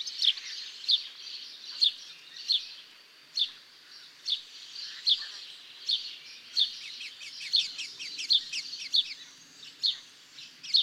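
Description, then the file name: House sparrow chirps, short bright notes repeated every second or so, with softer chirping in the background. "Passer domesticus"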